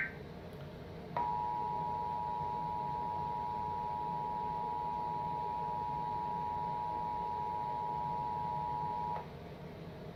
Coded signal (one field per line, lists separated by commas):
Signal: Emergency Alert System (SAME) tones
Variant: 853 and 960 Hz attention tone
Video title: EAS #89: Required Monthly Test - Indiana (2/21/2019) (Comcast)